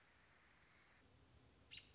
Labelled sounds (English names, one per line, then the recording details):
American Robin
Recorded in Sonoma County, California